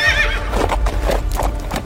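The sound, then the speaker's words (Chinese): A horse lets out a short, high, wavering whinny as its rider turns it around in the rain, followed by a steady run of hollow hoof clops over a low rumbling background. “萧迟也调转马头，擦掉了下巴上的雨水，像是嗅见了血肉味的狼。”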